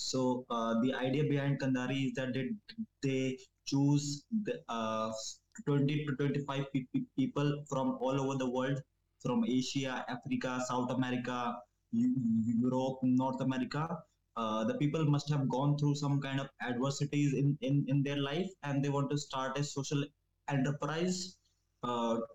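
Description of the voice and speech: An adult man speaks in English at a moderate pace, with stretched sounds, a held consonant before a pause, and a quick part-word repetition ('in-in-in their life'). These repetitions, prolongations and blocks fit stuttering, which began around age 10 and was partly caused by an abusive environment.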